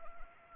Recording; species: mosquito wingbeat signal from an infrared sensor; Anopheles gambiae